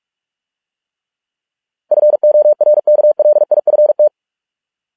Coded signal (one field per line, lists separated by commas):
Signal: Morse code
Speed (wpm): 46 wpm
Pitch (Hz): 600 Hz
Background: none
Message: FORKLIFT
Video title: Morse code 45 wpm exercise with images